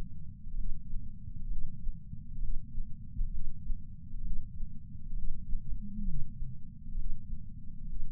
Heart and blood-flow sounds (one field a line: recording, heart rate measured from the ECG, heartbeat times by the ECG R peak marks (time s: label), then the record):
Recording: heart sounds by patch sensor on the chest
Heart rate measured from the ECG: 66 bpm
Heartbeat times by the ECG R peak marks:
0.55 s: heartbeat
1.47 s: heartbeat
2.39 s: heartbeat
3.30 s: heartbeat
4.21 s: heartbeat
5.14 s: heartbeat
6.04 s: heartbeat
6.95 s: heartbeat
7.86 s: heartbeat
From the record:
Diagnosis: coronary artery disease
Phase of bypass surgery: preoperative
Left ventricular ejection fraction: 52.3%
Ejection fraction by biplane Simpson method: 38%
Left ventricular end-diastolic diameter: 62 mm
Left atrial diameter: 45 mm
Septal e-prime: 4 cm/s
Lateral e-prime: 7 cm/s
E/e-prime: 12.2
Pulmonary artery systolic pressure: 24 mmHg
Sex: male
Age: 61 years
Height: 174 cm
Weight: 80 kg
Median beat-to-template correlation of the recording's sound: 0.91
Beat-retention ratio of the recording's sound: 0.97